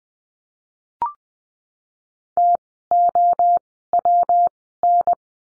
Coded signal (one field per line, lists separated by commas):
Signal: Morse code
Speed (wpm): 20 wpm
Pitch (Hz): 700 Hz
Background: none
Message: TOWN